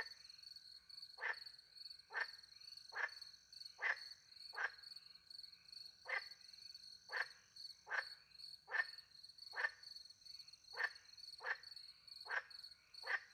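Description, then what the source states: Frog producing many short, harsh croaks at an uneven pace, accompanied throughout by shrill continuous cricket song. Recorded by night in the French countryside beside a little pond, with crickets; microphones hidden in a tree near the pond; two Usi Pro microphones into a MixPre-10 II recorder.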